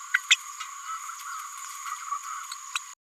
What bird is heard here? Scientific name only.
Forpus passerinus